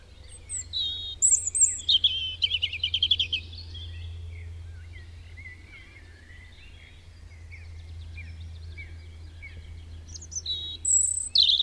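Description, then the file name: European robin song: high, thin whistled phrases and rapid trills near the start, a softer warbling stretch, then bright sharp notes again at the end, over a low steady hum. "Erithacus rubecula"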